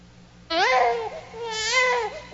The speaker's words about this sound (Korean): 아기는 태어나자마자 왜 울지? 넌 그것도 모르니?